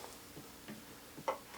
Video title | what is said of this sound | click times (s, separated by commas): Volvo S60 Coolant Low Stop Engine Check Coolant Fix !!! | plug that in. And it just snaps in. There it goes. Snap | 1.3 s